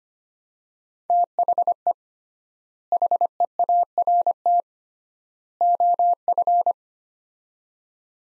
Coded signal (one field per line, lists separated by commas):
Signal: Morse code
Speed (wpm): 25 wpm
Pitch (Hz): 700 Hz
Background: none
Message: THE HEART OF